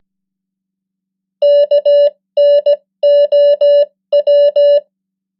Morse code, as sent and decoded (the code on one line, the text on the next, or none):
-.- -. --- .--
KNOW